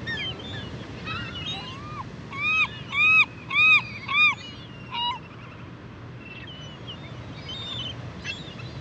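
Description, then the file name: California gull giving a run of high, squealing arched calls, four loud ones in the middle, with fainter gull calls before and after. "dan gibsons solitudes california gull"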